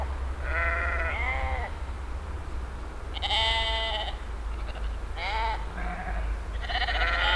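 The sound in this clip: Sheep bleating, several wavering harmonic calls: two around one second, a long one near three to four seconds, then more at five and seven seconds, over a steady low hum.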